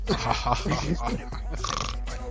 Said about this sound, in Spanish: Hay un cerdo.